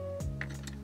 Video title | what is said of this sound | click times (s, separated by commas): Lexus ES LED Lights Installation - 4th Gen (2001-2006) | and then it pops out. Just like this. | 0.4 s